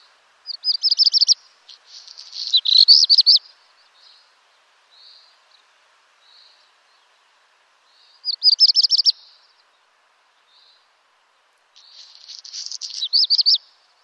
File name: Rouge queue noir